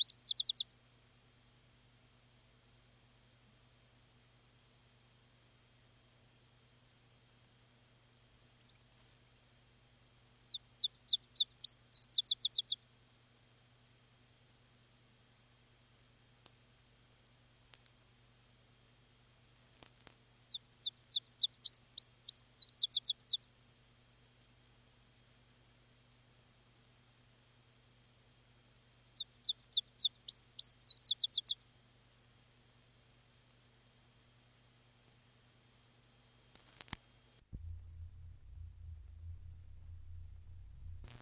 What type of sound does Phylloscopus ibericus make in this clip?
song